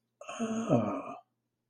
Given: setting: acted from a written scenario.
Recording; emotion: vocal sound without words; interest